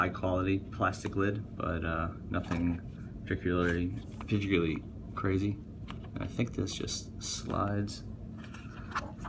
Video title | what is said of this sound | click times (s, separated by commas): KeepCup Brew Cork Edition coffee cup review | Yeah, so it locks. | 8.5 s